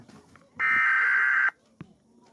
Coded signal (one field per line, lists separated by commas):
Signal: Emergency Alert System (SAME) tones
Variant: header bursts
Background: speech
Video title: EAS Alert #3 (MCU) - National Periodic Test